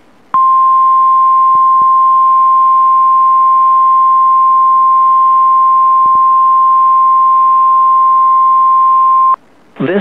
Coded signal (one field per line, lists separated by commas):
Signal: Emergency Alert System (SAME) tones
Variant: 1050 Hz attention tone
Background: speech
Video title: MKX RWT EAS 1645